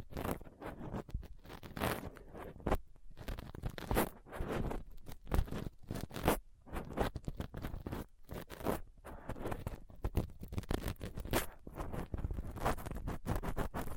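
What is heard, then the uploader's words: A dental pick, tweezers and a cotton swab scrape and scratch right against a microphone, rough. Dense bursts of gritty scraping and picking come almost continuously, with brief silent gaps near 3, 6.5 and 8.5 seconds, and sharp bright clicks mixed in. ASMR Rough Mic Picking using Dental PickTweezersCotton Swab (No Talking).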